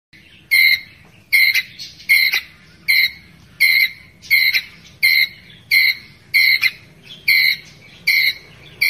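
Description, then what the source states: Ground squirrel calls: loud, clipped, squeaky chirps in a steady series, about one per 0.8 seconds, over quiet surroundings. Ground squirrel calling its group.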